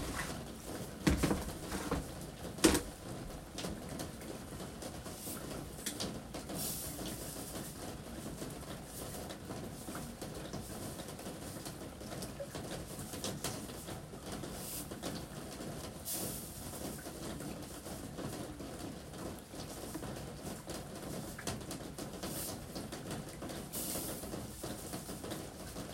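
Rain falls on a roof in a steady, dense patter that holds level for the whole stretch, with fine crackling drips spread across the highs. A couple of sharp knocks land in the first three seconds, and a soft low rumble sits underneath throughout.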